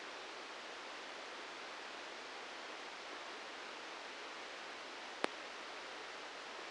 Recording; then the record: brain microelectrode recording played as sound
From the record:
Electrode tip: outside the subthalamic nucleus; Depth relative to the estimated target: 3 mm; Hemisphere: right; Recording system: NeuroSet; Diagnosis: Parkinson's disease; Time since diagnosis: 19 years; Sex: female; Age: 69 years